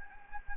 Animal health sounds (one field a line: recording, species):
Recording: mosquito wingbeat signal from an infrared sensor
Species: Anopheles gambiae